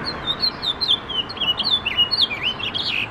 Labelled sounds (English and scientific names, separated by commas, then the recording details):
House Finch (Haemorhous mexicanus) song
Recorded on Long Island, New York, on 18 June 2012
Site BA
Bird C